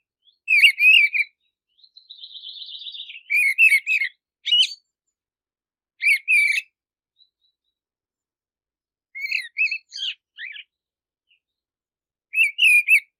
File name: Canto do tordoveia